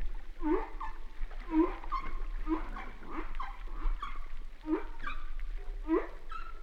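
Humpback whale calls: a string of short rising whoops, each with faint harmonics, over low underwater hum.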